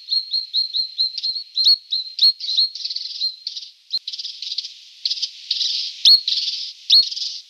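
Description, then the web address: Brown treecreeper giving rapid high sharp notes, at first clean and evenly spaced, then harsher rasping bursts with occasional piercing spikes. Recorded in a Canberra garden. "canberra-garden-birds treecreepers brown-treecreeper"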